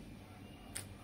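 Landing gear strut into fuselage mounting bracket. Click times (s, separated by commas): 0.8 s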